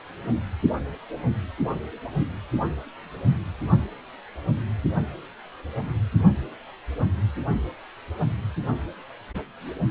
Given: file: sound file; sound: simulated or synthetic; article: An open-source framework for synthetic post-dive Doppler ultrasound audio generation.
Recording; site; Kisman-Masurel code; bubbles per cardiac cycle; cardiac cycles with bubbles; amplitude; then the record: Doppler ultrasound audio after a dive; precordial; 211; several, 3–8; 1–10%; barely perceptible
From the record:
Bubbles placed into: partial cardiac cycles